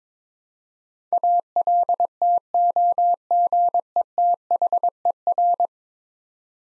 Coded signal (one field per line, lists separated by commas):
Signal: Morse code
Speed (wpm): 21 wpm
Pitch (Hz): 700 Hz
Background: none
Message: ALTOGETHER